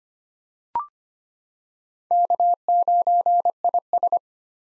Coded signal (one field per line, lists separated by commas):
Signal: Morse code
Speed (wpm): 25 wpm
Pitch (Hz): 700 Hz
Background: none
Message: K9IS